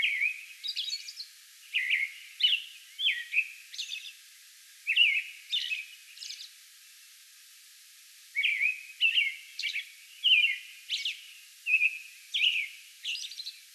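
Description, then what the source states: American robin song in two bursts of quick caroling phrases, split by a brief pause near the middle. Song bout recorded on May 11.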